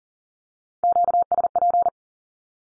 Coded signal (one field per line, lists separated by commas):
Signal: Morse code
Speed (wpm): 40 wpm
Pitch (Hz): 700 Hz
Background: none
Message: QSP